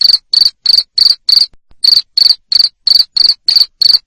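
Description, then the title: Cricket producing loud buzzy chirps at about three per second, with one brief pause. Loud cricket chirping used to make lovebirds sing continuously. "Suara JANGKRIK NGERIK Keras Bikin LOVEBIRD Jadi NGEKEK Terus Vubey"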